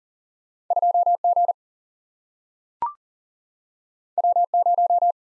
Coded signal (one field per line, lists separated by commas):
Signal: Morse code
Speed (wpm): 41 wpm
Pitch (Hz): 700 Hz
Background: none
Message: 2 G W 0